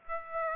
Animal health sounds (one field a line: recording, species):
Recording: mosquito wingbeat signal from an infrared sensor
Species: Aedes aegypti